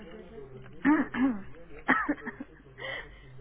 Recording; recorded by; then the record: voluntary cough; telephone call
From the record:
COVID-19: negative